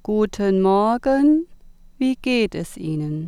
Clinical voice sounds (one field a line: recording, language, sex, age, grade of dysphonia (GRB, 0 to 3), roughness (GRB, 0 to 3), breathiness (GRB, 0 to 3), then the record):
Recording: spoken sentence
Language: German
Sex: female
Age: 40 to 49 years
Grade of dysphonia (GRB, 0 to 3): 1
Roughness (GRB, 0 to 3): 1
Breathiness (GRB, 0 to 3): 0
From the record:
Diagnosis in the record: healthy voice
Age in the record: 45 years